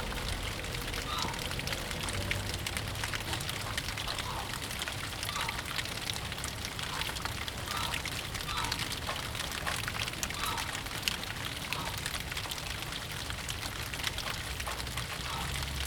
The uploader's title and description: rain, backyard. Cold January rain